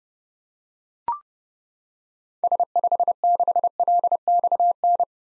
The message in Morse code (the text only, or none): S56LXN